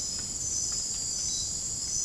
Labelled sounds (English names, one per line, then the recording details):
none
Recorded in dense forest near Puerto Asís, Putumayo, Colombia, on 27 June 2025 at 22:30
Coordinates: 0.503, -76.323
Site G059